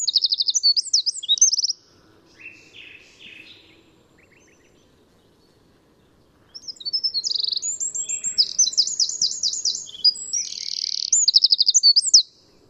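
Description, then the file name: Eurasian wren song in two bursts: a brief fast trill at the start, followed by a few softer notes, then after a pause a long, explosive run of shrill notes and rattling trills. "Troglodytes troglodytes"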